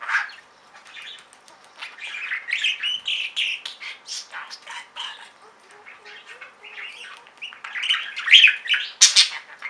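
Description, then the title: Budgerigar chatter: fast, scratchy warbling and chirps, mostly high, with short squawks, running continuously and growing busier near the end. "Budgie Sounds"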